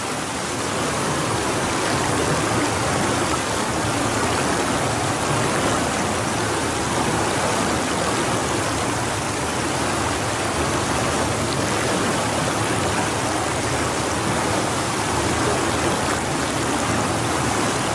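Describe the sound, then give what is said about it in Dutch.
Water of the Waal river flowing into the floodplains at Bemmel makes a steady, dense rushing hiss that holds at an even, fairly loud level throughout, with no voices and no pauses. “Dus ogen dicht en luister naar het water van de Waal dat bij Bemmel de uiterwaarden binnenstroomt.”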